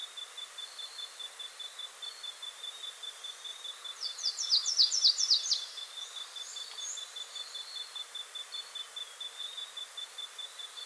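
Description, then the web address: Slate-throated Redstart giving one short, high, rapid series of sliding chips over a constant thin buzzing tone, with faint other bird notes. Andes, South America. "Natures Songs S America Andean Birds. Slate-Throated Redstart (Myioborus Miniatus)"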